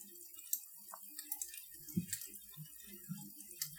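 Quiet river water laps and drips in the meanders of the river bordering Little Hope, in an irregular patter, with soft low sloshes and a few sharper, brighter drops scattered throughout. No one speaks.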